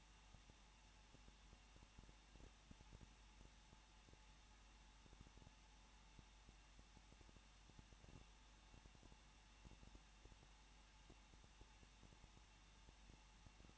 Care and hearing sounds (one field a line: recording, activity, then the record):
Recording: daily activity, microphone in the room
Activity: no activity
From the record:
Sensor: 1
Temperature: 20.1 degrees Celsius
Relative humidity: 39.1%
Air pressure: 1006.5 hPa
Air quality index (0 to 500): 216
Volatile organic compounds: 73 ppm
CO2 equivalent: 3542 ppm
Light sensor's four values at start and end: 1/2/1/1 and 1/2/1/1